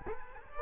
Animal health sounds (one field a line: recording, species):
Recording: mosquito wingbeat signal from an infrared sensor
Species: Culex quinquefasciatus